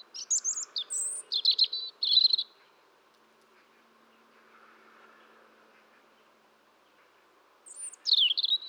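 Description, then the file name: European robin song: two bursts of high, thin, warbling and trilled phrases with sharp tinkling notes, separated by about five seconds of quiet with a faint low hum. "Erithacus rubecula"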